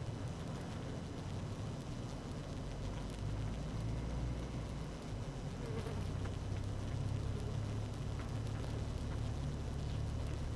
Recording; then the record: honeybee colony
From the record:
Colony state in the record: active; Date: 12 June 2018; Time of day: 17:26